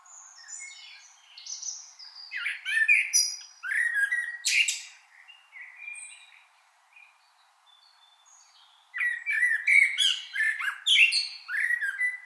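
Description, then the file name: Common blackbird song in two bouts: rich warbled notes ending in shrill twittery flourishes, a quiet pause with faint bird calls, then another warble-and-squeak phrase. "Turdus merula"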